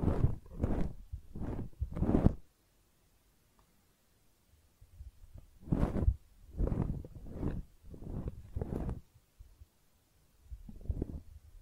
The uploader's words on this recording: ASMR Personal Attention Close Up Ear Cleaning (No Talking).